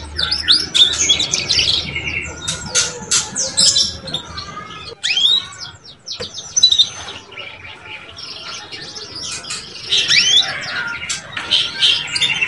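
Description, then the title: Belgian canary giving bursts of sharp chirps and rising whistles separated by short quieter pauses. Belgian canary song used to warm up and stimulate young canaries so they start singing and chattering quickly. "Canto Para Esquentar Canário Belga. SUARA KENARI PAUD CUIT CUIT BELAJAR BUNYI - pancingan kenari paud muda agar cepat bunyi dan ngeriwik"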